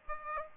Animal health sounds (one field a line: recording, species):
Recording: mosquito wingbeat signal from an infrared sensor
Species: Aedes aegypti